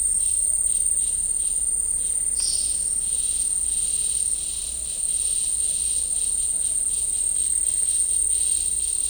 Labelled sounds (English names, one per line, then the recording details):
none
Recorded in dense forest near Puerto Asís, Putumayo, Colombia, on 16 December 2024 at 14:00
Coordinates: 0.499, -76.324
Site G045